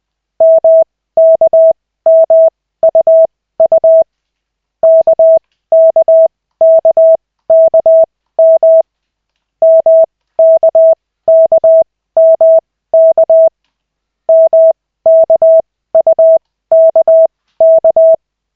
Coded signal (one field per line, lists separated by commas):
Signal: Morse code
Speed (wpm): 20 wpm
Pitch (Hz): 650 Hz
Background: none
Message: MKMUU KKKKM MKKMK MKUKK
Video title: Koch 2/40, 13.12.2024, 4th CW practice session